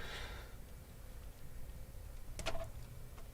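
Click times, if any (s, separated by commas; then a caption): 2.4 s, 2.5 s. The crimped pin on the green switch wire of a Baywatch pinball machine is pushed back into its plastic connector housing after its locking cleat failed to catch the first time. Over a low, steady background hum, two short, sharp clicks sound at 2.4 and 2.5 seconds as the cleat catches. The pin is now seated and locked in the housing.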